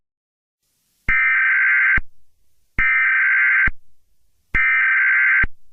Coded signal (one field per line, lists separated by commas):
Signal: Emergency Alert System (SAME) tones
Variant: header bursts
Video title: EAS Scenario #3: Hot Planet